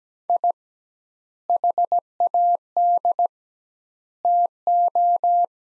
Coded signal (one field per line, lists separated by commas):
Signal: Morse code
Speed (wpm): 17 wpm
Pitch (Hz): 700 Hz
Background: none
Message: I HAD TO